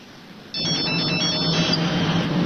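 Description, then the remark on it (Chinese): An electronic phone ringtone starts abruptly and plays a bright, high warbling tone over a steady hum for about a second, then the hum continues alone, as a phone call is being placed. “我就不信的事我给常哥打电话。”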